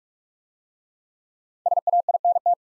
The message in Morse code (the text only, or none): SAINT